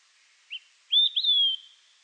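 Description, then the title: Olive-sided flycatcher whistles its three-note song, a quick short note and two drawn-out clear phrases, the final one sliding downward. "LuckyPassaro Completos2Sama. Olive-sided Flycatcher (Contopus cooperi)"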